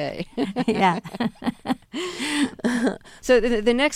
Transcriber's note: laughter